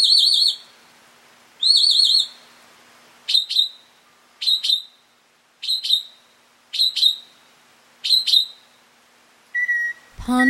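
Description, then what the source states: Mockingbird singing: wavering trilled phrases, then a string of sharp clipped notes, a brief whistle and a loud bump at the end. Male.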